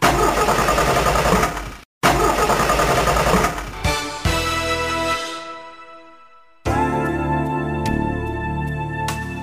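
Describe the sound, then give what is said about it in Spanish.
A car engine runs roughly, cuts out for an instant, then sputters and winds down to a stall before a steady droning engine sound starts up again, in a Spanish-language advertisement for Prestolita spark plugs. “Caballero, ¿se le para de repente? ¿Se le derrama el líquido? Esto es señal de que su coche necesita bujías Prestolita.”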